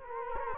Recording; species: mosquito wingbeat signal from an infrared sensor; Culex quinquefasciatus